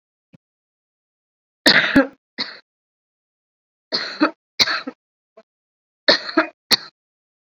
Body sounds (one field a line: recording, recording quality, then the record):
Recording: heavy voluntary cough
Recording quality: excellent, no background noise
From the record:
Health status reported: COVID-19 positive, mild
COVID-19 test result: positive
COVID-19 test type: RT-PCR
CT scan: not taken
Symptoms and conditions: fever, fatigue, muscle pain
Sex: female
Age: 30 years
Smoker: no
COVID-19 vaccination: both doses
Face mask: worn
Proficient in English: no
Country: India